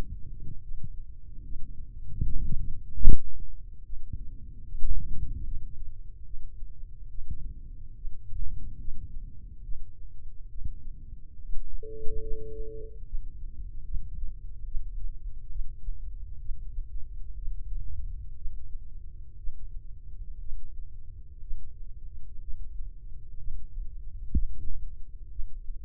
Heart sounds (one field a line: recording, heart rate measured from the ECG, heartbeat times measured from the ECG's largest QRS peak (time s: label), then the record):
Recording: heart sounds by microphone in the left ear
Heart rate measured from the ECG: 68 bpm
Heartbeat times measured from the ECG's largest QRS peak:
0.62 s: heartbeat
1.44 s: heartbeat
2.25 s: heartbeat
3.05 s: heartbeat
3.85 s: heartbeat
4.66 s: heartbeat
5.45 s: heartbeat
6.25 s: heartbeat
7.10 s: heartbeat
7.96 s: heartbeat
8.79 s: heartbeat
9.63 s: heartbeat
10.50 s: heartbeat
11.38 s: heartbeat
12.22 s: heartbeat
13.05 s: heartbeat
13.86 s: heartbeat
14.66 s: heartbeat
15.50 s: heartbeat
16.40 s: heartbeat
17.37 s: heartbeat
18.36 s: heartbeat
19.38 s: heartbeat
20.40 s: heartbeat
21.42 s: heartbeat
22.41 s: heartbeat
23.39 s: heartbeat
24.34 s: heartbeat
25.31 s: heartbeat
From the record:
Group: healthy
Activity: rest 0-12 s, breath hold 12-26 s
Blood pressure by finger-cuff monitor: 129/75 mmHg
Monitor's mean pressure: 92 mmHg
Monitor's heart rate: 71 bpm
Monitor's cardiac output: 4.1 L/min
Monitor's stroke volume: 58 mL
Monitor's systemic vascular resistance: 1710 dyn s/cm5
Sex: male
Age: 55 years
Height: 167 cm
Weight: 57.2 kg